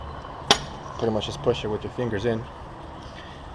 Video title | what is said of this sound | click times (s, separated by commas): How to replace Cummins ISX - Common Rail Fuel Injector | heard that snap? That's what you're looking for. | 0.5 s